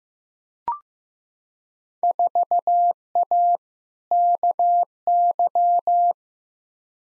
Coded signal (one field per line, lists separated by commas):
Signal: Morse code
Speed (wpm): 15 wpm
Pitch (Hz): 700 Hz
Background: none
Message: 4A KY